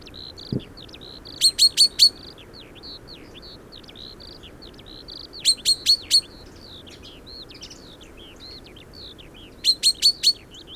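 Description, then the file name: Common chaffinch calling in three rapid bursts of four hard, sharp notes spaced about four seconds apart, over a background of thin chirps and whistles. "Fringilla coelebs"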